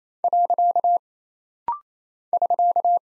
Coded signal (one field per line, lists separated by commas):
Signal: Morse code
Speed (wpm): 27 wpm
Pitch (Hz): 700 Hz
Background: none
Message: . <SK>